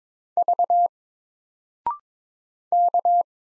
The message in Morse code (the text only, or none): V K